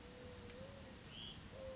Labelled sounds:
Hutton's Vireo (Vireo huttoni)
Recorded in Sonoma County, California

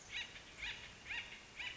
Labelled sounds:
Acorn Woodpecker (Melanerpes formicivorus)
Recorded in Sonoma County, California

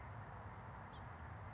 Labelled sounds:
House Finch (Haemorhous mexicanus)
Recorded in Sonoma County, California

